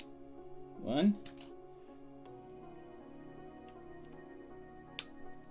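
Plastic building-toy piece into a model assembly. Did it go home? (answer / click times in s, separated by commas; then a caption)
yes / 5.0 s. A builder snaps the second of four plastic building-toy parts into place in a model assembly, with someone talking and music playing in the background. A sharp, short snap sounds at 5.0 s as the piece seats firmly, and it is praised as a good snap.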